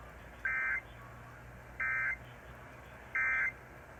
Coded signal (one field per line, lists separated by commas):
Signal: Emergency Alert System (SAME) tones